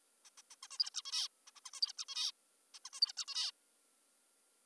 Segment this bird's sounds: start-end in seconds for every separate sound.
0.26-0.30, 0.38-0.42, 0.51-0.55, 0.63-0.68, 0.71-0.78, 0.79-0.90, 0.94-1.02, 1.05-1.28, 1.47-1.51, 1.56-1.60, 1.66-1.71, 1.74-1.81, 1.82-1.93, 1.98-2.05, 2.08-2.32, 2.74-2.79, 2.85-2.90, 2.93-3.00, 3.02-3.12, 3.17-3.25, 3.28-3.51